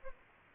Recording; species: mosquito wingbeat signal from an infrared sensor; Aedes aegypti